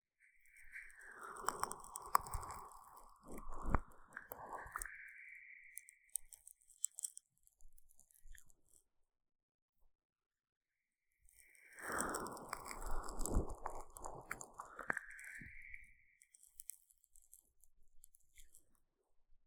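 Sticky aloe gel being worked over the ear in two dense bursts, one at the start and another from about 12 to 16 seconds, each full of wet crackling and squelching with a rising whoosh. Between them come scattered faint clicks and pops over near silence.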